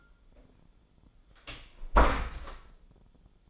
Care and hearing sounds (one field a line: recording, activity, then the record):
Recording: daily activity, microphone in the room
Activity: close door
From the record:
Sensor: 5